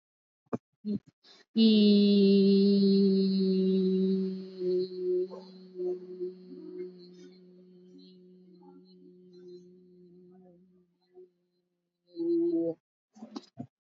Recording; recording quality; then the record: sustained vowel as in beet; excellent, no background noise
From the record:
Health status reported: recovered from COVID-19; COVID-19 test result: negative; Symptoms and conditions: cough, fever, muscle pain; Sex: female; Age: 36 years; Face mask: worn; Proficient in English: yes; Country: India